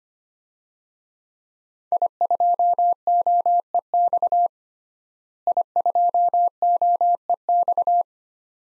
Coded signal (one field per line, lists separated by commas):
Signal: Morse code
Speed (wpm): 25 wpm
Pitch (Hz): 700 Hz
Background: none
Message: I2OEX I2OEX